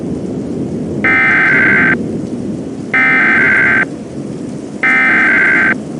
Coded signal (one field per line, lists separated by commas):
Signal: Emergency Alert System (SAME) tones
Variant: header bursts